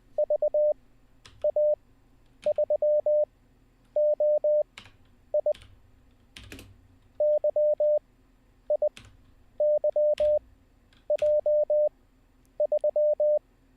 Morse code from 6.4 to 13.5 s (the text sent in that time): YIYJ3